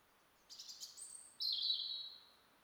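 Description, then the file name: European robin song: a high tinkling phrase followed by a clear, sustained, slightly falling whistled note, sweet and thin. "Erithacus rubecula"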